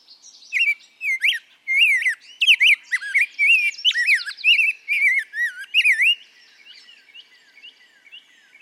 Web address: for the birds. Rose breasted Grosbeak